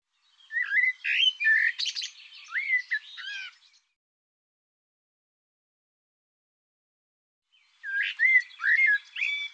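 Bird song heard as two warbled phrases of whistled and buzzy notes, separated by a few seconds of silence.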